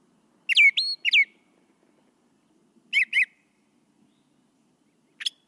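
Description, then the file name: Brown thrasher song: short bursts of rich, slurred notes in a doubled phrase, then a pause and another paired phrase, ending with a brief single note; faint low hum beneath. "suara kicauan brown thrasher. omkicau"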